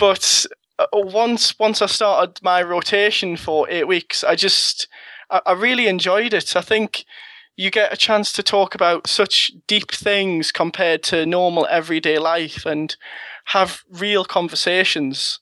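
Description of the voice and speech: Adult male speaker, a fourth-year medical student who stutters, talking with prolongations and brief blocks; he also uses voluntary stuttering.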